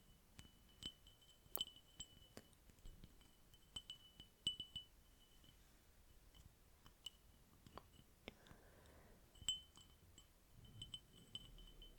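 Sharp tapping clicks, some ringing like struck glass, scattered irregularly over a soft brushing rustle, with a low murmur underneath.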